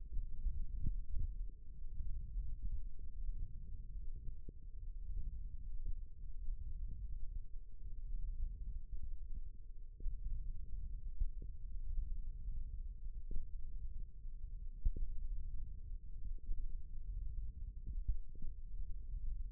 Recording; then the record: forearm muscle sounds (acoustic myography)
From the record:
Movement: thumb flexion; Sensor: system 1, eight BSWA MPA416 microphones around the upper forearm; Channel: 3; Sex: male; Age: 18 years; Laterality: right